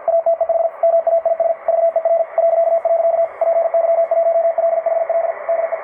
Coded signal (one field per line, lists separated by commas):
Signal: Morse code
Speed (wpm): 47 wpm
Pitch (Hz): 660 Hz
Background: radio noise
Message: ATEH MAIS VER .. PY1LHL DE